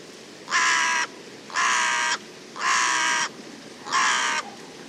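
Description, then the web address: Bird giving four harsh, hoarse caws at about one per second, over a faint steady background hiss. "cianscape. Deverinetal 2025. Bird Only"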